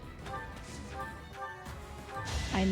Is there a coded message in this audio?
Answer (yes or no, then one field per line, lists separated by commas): no